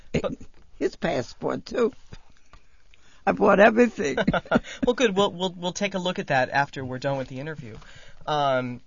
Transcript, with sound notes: His passport, too. I brought everything. (they laugh)
Well, good. We'll take a look at that after we're done with the interview.